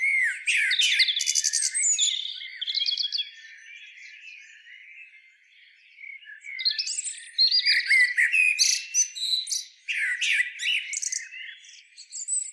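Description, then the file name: Common blackbird song: high twittering and warbled phrases in two busy bursts, with a quieter stretch of softer, scratchy notes between them. "Turdus merula"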